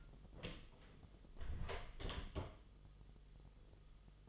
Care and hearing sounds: daily activity, microphone in the room; close door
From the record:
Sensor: 4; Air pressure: 1005.8 hPa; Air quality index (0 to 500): 72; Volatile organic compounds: 1 ppm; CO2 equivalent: 874 ppm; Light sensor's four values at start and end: 13/30/12/11 and 13/31/12/11

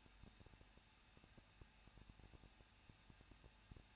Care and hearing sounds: daily activity, microphone in the room; no activity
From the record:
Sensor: 2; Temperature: 21.0 degrees Celsius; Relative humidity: 37.4%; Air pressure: 1006.2 hPa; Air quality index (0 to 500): 222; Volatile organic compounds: 24 ppm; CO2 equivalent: 2811 ppm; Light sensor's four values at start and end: 2/3/2/2 and 2/3/2/2

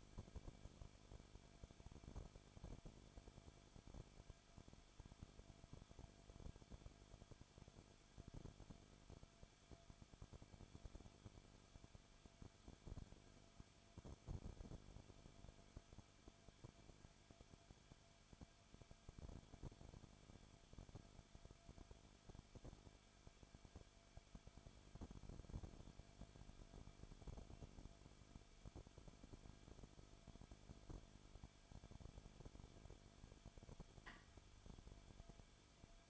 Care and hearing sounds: daily activity, microphone in the room; no activity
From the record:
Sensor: 5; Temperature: 20.4 degrees Celsius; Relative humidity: 39.8%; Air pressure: 1010.8 hPa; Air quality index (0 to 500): 166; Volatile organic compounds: 15 ppm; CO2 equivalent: 2506 ppm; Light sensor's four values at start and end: 2/3/1/1 and 2/3/1/1

